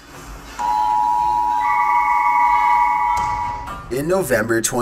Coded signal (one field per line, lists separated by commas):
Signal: Emergency Alert System (SAME) tones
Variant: 853 and 960 Hz attention tone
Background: speech, music